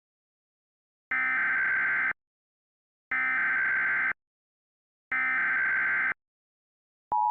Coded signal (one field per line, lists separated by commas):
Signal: Emergency Alert System (SAME) tones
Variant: header bursts